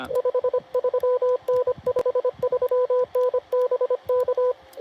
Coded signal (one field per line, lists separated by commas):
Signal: Morse code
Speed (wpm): 24 wpm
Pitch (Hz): 500 Hz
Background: radio noise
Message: 53N 53N BK